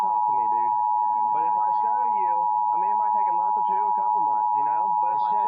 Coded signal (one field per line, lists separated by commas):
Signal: Emergency Alert System (SAME) tones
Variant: 853 and 960 Hz attention tone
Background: speech